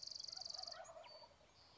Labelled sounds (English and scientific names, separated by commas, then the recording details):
Wild Turkey (Meleagris gallopavo)
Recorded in Sonoma County, California